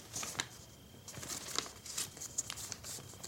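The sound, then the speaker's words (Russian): Crisp paper crinkling and rustling as a stiff, forged printed waybill form is handled, crackling like a banknote, with a string of sharp, bright crackles coming in irregular bursts over a soft hiss. No one speaks. “А хрустит, как серый червонец.”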